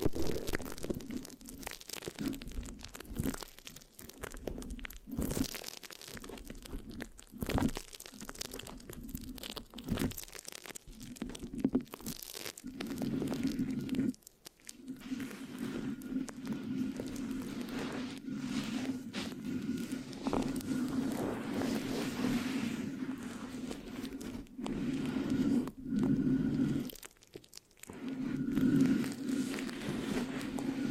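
Scratching and sticky tapping on a microphone, with no talking. For the first fourteen seconds short crackly scrapes and sharp taps come in irregular bursts. After that a steady low rubbing drone holds, broken by brief gaps and crunchy textured scratches.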